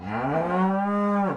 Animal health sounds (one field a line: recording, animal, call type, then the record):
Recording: contact call of a hoofed animal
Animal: cattle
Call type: low-frequency (closed-mouth) or high-frequency (open-mouth) call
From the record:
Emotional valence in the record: negative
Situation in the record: full separation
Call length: 1.37 s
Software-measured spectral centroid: 1010 Hz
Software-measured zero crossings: 1320 a second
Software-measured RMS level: -24 dBFS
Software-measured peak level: -11 dBFS